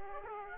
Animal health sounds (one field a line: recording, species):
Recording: mosquito wingbeat signal from an infrared sensor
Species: Aedes aegypti